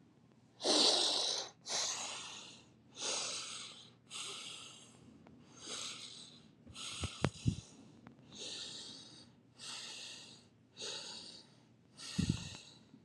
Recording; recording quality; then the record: deep breathing; excellent, no background noise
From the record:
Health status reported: exposed to COVID-19, no respiratory illness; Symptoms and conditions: none ticked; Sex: female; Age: 29 years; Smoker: not ticked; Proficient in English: yes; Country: United States